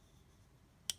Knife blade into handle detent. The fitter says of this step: Then the detent is going to be better also. Hear that click.